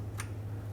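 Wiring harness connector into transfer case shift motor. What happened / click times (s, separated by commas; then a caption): The connector clicked into place / 0.2 s. A wiring harness electrical connector is plugged into the new transfer case shift motor on a 2014–2017 Chevrolet Silverado 2500 HD. A single short, sharp click at 0.2 s is heard over a steady low hum as the connector seats, confirming it has clicked into place.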